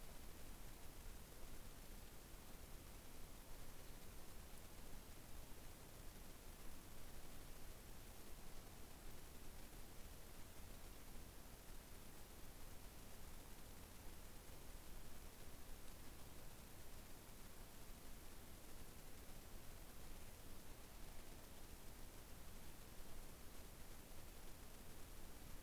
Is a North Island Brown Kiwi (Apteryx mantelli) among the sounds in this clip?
no